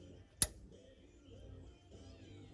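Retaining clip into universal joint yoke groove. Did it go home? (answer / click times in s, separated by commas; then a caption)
yes / 0.4 s. A second steel retaining clip (snap ring) is pressed into the groove of a universal joint bearing cap in a driveshaft yoke, making a single sharp, bright click at 0.4 s over a low, steady background hum. The click shows the clip is properly seated in the groove.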